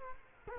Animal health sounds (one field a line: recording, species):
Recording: mosquito wingbeat signal from an infrared sensor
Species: Culex quinquefasciatus